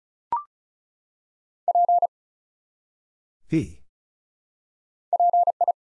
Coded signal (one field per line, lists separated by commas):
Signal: Morse code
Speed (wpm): 36 wpm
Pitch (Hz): 700 Hz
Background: none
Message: P PI